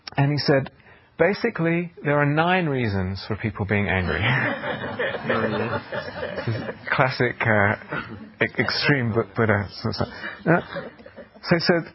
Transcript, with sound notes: And he said, "Basically, there are nine reasons for people being angry." [laughter] Classic, extreme Buddha. He said,